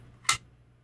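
A router housing section is slid down over the top of an internal connector until its edges pass each other, then it clicks into place at 0.3 s with a single sharp, bright snap. The housing is seated, with a low steady hum underneath and no talk in the clip.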